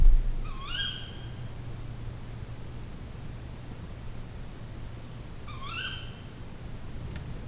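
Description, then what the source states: Tawny owl giving two sharp rising calls about five seconds apart, partly masked by a strong low hum and rumble. Recorded at night in forest in Aggtelek Karst, Hungary, with an Octava microphone.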